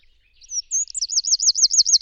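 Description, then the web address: Bird call: a few thin high whistles lead into a quick series of about ten looping, wavering notes repeated rapidly. "cianscape birddata Deverinetal 2025"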